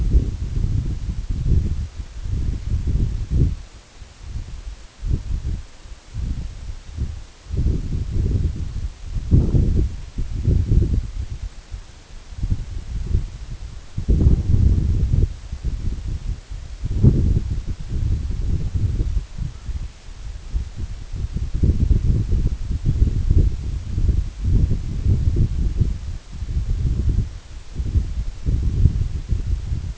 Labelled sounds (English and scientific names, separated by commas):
Canada Goose (Branta canadensis)